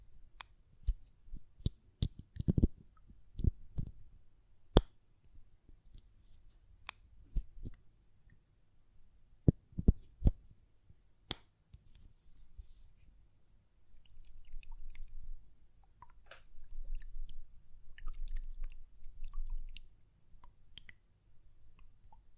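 Glass perfume bottle tapped and lid handled: sharp irregular clicks for twelve seconds, then softer scraping and rustling with occasional taps.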